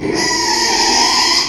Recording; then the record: squeal of a Yucatan mini pig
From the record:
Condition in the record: after surgery on the right vocal fold (resection and tissue-engineered implant); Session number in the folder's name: 2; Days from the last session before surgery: 13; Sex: male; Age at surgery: 12 weeks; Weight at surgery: 13 kg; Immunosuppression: cyclosporine, prednisolone